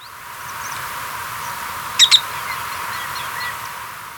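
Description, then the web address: Ecuadorian rail giving a quick pair of abrupt, sharp notes, one right after the other, over a constant background hiss. "Birds of Ecuador. Ecuadorian Rail"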